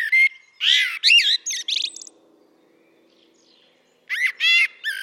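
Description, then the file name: Common blackbird song: short warbled phrases with high squeaky twittering endings, a pause of about two seconds, then another burst of twittered notes. "Turdus merula"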